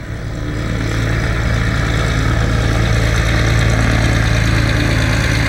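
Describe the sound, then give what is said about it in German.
The engine of the Chile courier mail plane drones steadily as the plane taxis into the beams of floodlights: a continuous low hum with a constant mid-range whine, loud and unbroken, with no voices. “Das Flugzeug des Chile-Kuriers rollte in die Lichtkegel der Scheinwerfer.”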